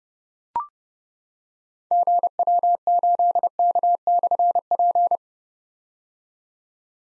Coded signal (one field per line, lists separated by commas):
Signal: Morse code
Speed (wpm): 28 wpm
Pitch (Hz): 700 Hz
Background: none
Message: GW8K/P